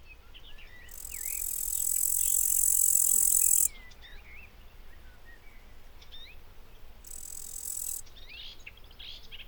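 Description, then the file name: Bush cricket stridulation: a dense, hissing high buzz held for about three seconds, then a second shorter burst later, with scattered bird chirps throughout. Recorded in a garden at Buchhorst on 23 July 2016. "ugbushcrick 1-S gardenw-1-S d st sw-buchhorst"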